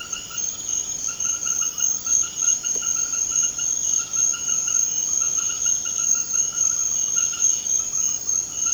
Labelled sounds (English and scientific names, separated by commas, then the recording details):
none
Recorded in secondary vegetation near Puerto Asís, Putumayo, Colombia, on 30 June 2025 at 20:00
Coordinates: 0.500, -76.326
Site GP08